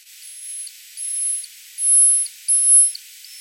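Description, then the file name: Lesser horseshoe bat echolocation calls, drawn-out flat whistles with a fainter lower harmonic and short hooked sweeps at start and end, four pulses growing louder over steady hiss, then the start of a fifth. Echolocation call with rising frequency sweep, constant-frequency part, then falling sweep; recorded in Corrèze, France, in June 1997. "FMa-FC-FMd R-hipposideros Correze juin 1997 M-Barataud"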